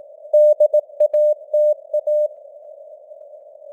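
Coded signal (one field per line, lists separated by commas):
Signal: Morse code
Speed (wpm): 18 wpm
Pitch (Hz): 600 Hz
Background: none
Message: DATA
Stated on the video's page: News headlines sent in Morse with simulated radio noise and varying signal strength (QSB), an experiment.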